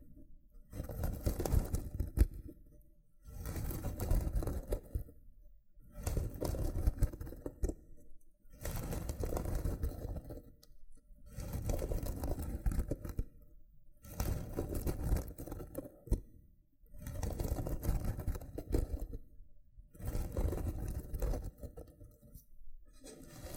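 Loofah rubbing sounds come in regular bursts, roughly every two and a half seconds, each lasting about two seconds with short silent gaps between. Each burst is a dense, rough scratching and crackling with a heavy low rumble and crisp popping detail on top.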